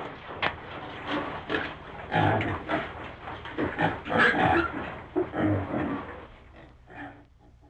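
Pigs giving rough grunts and brief squeals in irregular overlapping bursts, the group calling busily before quietening toward the end.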